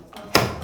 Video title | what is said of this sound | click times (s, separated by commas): [레츠고 설치고] EP.81 실링팬 설치🔧｜설명서에도 안 나와있는 꼭 필요한 공구! 뭘까요~? | 딸깍네요 소리가 나면 제대로 걸린 거예요 | 0.4 s